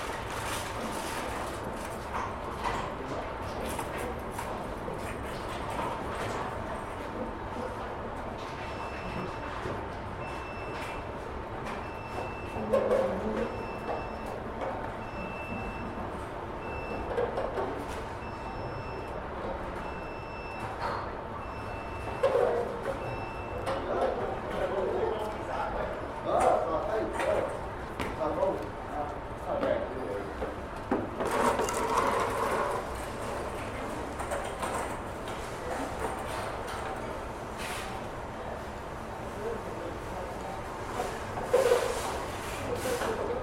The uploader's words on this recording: Sitting In A Warm Spot On A Bench At A Grocery Store. Although the door to this grocery store is only a few steps away, and stays shut for a few moments before triggering open automatically, a sweet spot of warmth can be found right here, on the bench facing it.